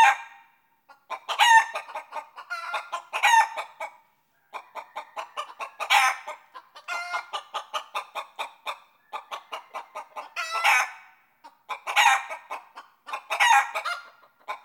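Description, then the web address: Chicken clucking in rapid bursts of short, harsh notes, several loud cackling runs separated by brief pauses throughout. "i Movie ' 08 Sound Effects Chicken"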